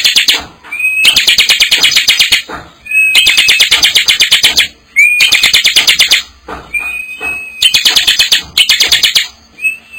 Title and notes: Kicau Ciblek new - putri sherin. kumpulan suara burung ciblek gacor dan anakan